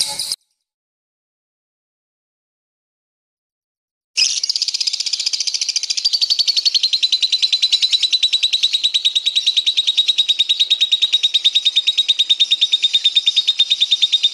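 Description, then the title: Lovebird song: a short chirp burst, several seconds of silence, then a long, fast, shrill trill of evenly repeated notes that steadies into a sustained high twitter. Training audio (masteran) of a lovebird. "MASTERAN BURUNG 2. Lovebird"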